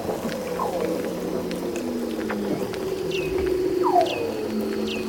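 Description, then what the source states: Weddell seal calls: low steady hums and brief downward-sweeping chirps, some high and curling, over a dense background hiss. Lives in the Antarctic; described as not sounding biological.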